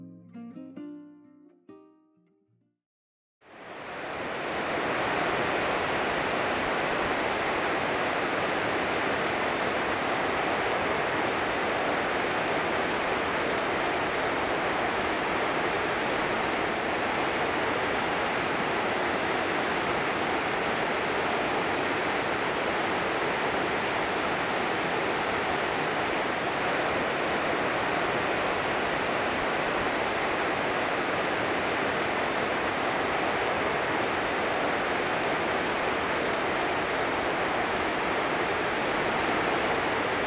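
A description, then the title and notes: Water rushes steadily through a dam, a loud, dense roar that fills everything from low rumble to bright hiss and holds unchanged for over half a minute. Before it, about three seconds of faint, lower sounds end in a brief silence, then the torrent starts abruptly. The Rushing Water of the Dam.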